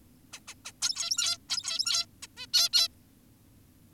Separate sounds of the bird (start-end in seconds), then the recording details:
0.33-0.40, 0.48-0.54, 0.65-0.72, 0.82-1.38, 1.50-2.06, 2.23-2.27, 2.37-2.46, 2.54-2.69, 2.73-2.88. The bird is an adult. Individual g17y2U